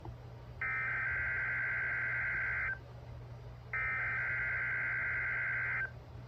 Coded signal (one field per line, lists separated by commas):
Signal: Emergency Alert System (SAME) tones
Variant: header bursts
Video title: Georgia Tornado Drill!| EAS #61-63| Required Weekly Test| KXI76, WXJ31